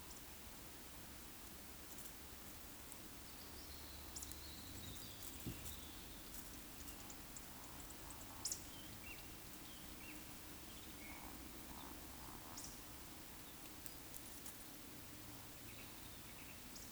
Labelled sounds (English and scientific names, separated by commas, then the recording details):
Eurasian Woodcock (Scolopax rusticola) whistle, Eurasian Woodcock (Scolopax rusticola) croak
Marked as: whistle, whistle, croak, whistle, croak, whistle, croak, whistle
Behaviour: display flight
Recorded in Baden-Württemberg, Germany, on 16 June 2021 at 19:57 UTC
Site 20675, 466 m above sea level